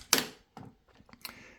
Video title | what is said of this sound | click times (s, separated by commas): THULE OutPace 2 Bike Platform Bikecarrier Test Review! | You'll hear the clicks. And then you just do this. | 0.1 s, 0.6 s, 1.1 s, 1.2 s